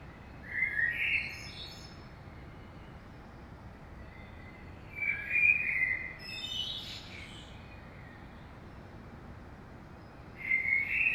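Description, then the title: Common blackbird singing three phrases separated by pauses of a few seconds, fluty warbles with high squeaky notes, near silence in the gaps. Saint-Gilles, Belgium; early morning; recorded with a DPA 2006c AB pair into a Zoom F3. "Saint-Gilles, Belgique - Blackbird - Merle"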